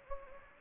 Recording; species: mosquito wingbeat signal from an infrared sensor; Anopheles gambiae